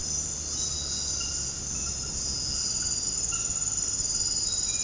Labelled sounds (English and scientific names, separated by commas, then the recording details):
none
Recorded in dense forest near Puerto Asís, Putumayo, Colombia, on 19 February 2024 at 00:00
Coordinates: 0.486, -76.316
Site G6437